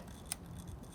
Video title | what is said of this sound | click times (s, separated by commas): Fixing MK7/MK8 2.0T Ground Wires Forever | should hear a click. | 0.3 s